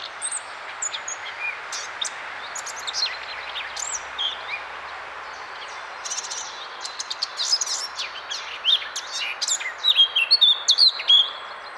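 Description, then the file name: Eurasian blackcap song: a quiet scratchy warble builds into bursts of clear, fluty whistled notes near the end, over a steady hiss of background noise. "Sylvia atricapilla"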